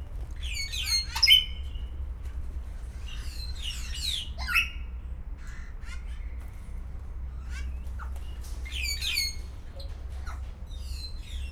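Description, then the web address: Grey parrot giving harsh squawks and bright whistled notes in scattered bursts, some rising or falling sharply, over a steady low background hum. Captive grey parrot at a zoo in Szeged, recorded in 2011. "szegedizoo 2011 jakopapagaj"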